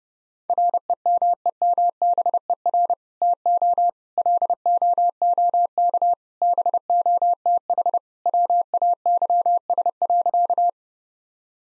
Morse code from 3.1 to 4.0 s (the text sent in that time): TO